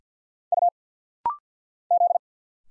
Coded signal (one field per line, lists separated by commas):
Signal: Morse code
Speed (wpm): 49 wpm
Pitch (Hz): 700 Hz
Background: none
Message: U Z